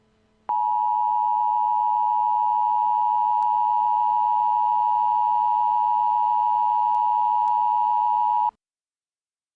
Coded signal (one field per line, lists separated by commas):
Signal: Emergency Alert System (SAME) tones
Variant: 853 and 960 Hz attention tone